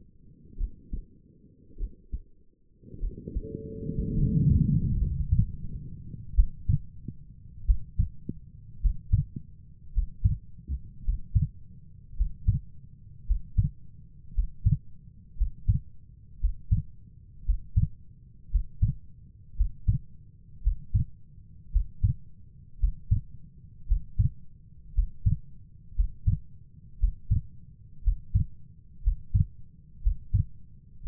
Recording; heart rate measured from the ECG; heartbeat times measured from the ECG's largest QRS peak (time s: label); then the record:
heart sounds by stethoscope; 55 bpm
0.58 s: heartbeat
1.78 s: heartbeat
3.00 s: heartbeat
4.15 s: heartbeat
4.97 s: heartbeat
6.34 s: heartbeat
7.65 s: heartbeat
8.81 s: heartbeat
9.93 s: heartbeat
11.04 s: heartbeat
12.16 s: heartbeat
13.26 s: heartbeat
14.33 s: heartbeat
15.36 s: heartbeat
16.39 s: heartbeat
17.44 s: heartbeat
18.50 s: heartbeat
19.56 s: heartbeat
20.62 s: heartbeat
21.71 s: heartbeat
22.79 s: heartbeat
23.87 s: heartbeat
24.94 s: heartbeat
25.95 s: heartbeat
26.99 s: heartbeat
28.03 s: heartbeat
29.02 s: heartbeat
30.02 s: heartbeat
31.03 s: heartbeat
From the record:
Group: healthy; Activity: rest 0-4 s, Valsalva maneuver 4-31 s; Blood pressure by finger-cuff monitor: 89/56 mmHg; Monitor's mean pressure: 65 mmHg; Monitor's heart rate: 55 bpm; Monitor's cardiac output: 4.5 L/min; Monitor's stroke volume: 82 mL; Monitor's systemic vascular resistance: 1010 dyn s/cm5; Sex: female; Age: 28 years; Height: 170 cm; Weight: 77 kg